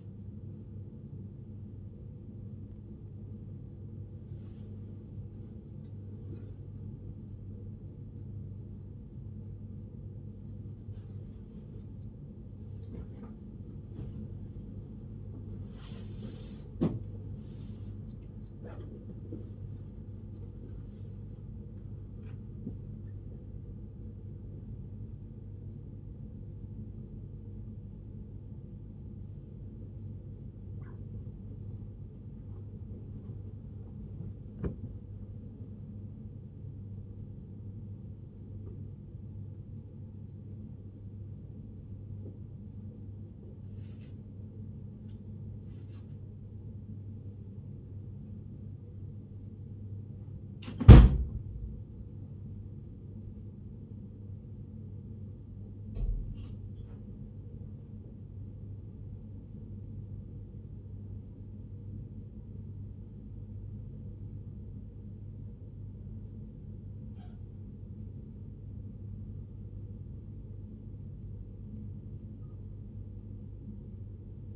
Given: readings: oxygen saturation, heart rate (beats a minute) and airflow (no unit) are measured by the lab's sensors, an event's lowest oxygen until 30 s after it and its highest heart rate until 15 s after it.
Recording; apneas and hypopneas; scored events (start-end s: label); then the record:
breathing in sleep by a smartphone at the bedside; none
none scored
From the record:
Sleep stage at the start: N1 (lightest sleep); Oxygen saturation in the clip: 95 to 97%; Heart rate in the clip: 51 to 69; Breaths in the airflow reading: 24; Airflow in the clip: -9.5 to 9.1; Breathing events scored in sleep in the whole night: 103 in 8.4 hours asleep